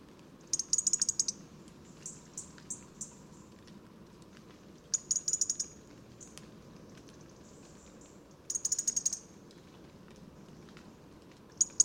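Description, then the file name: European robin singing short phrases of very high, thin notes mixed with rapid ticking, separated by pauses, over a soft low background hum. "Erithacus rubecula"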